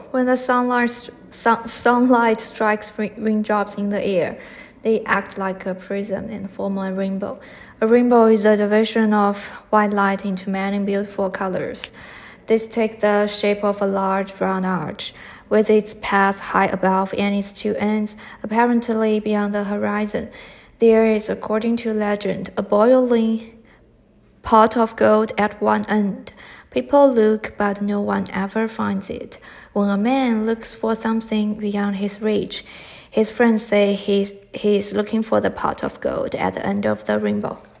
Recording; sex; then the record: reading aloud after running; male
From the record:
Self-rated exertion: vigorous exertion (4 of 6); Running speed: 6 miles an hour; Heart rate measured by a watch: 120 beats a minute at the start, 104 at the end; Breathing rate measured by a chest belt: 21 breaths a minute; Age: 25 years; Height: 174 cm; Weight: 71 kg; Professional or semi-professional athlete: no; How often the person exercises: 3 to 5 times a week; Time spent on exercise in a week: 2 to 3 hours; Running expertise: no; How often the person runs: 1 to 2 times a week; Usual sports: running, swimming, badminton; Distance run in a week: 8 km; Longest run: 10 km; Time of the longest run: 48 minutes